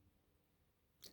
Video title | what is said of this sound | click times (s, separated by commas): Quilting Machine Leader Grips. Which one is best for you. Comparing Red Snapper, Regina, etc. | They do snap on pretty well, and you can hear them when they click on. You can hear that sound, you got them on there. | 1.0 s